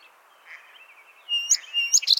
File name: Melospiza melodia - Song Sparrow